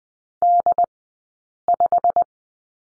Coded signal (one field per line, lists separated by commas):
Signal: Morse code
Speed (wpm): 20 wpm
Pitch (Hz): 700 Hz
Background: none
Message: D5